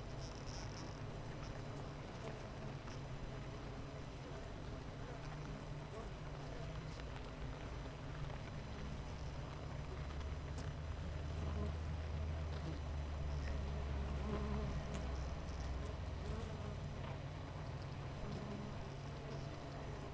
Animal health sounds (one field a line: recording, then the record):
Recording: honeybee colony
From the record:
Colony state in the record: missing queen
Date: 14 July 2017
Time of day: 7:43